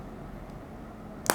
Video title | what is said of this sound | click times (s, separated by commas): OPPO ENCO W51 VS REALME BUDS AIR PRO VS REALME BUDS AIR VOICE SAMPLE INCLUDED | nice clicky sound. | 1.3 s